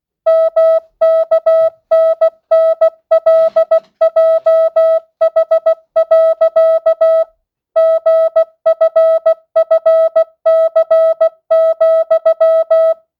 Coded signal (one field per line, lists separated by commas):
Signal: Morse code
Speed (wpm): 16 wpm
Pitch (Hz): 650 Hz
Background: music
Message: MKNNLJH. GFFC,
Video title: Receive Morse Code 10th Grade.